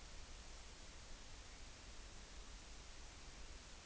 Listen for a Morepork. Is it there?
no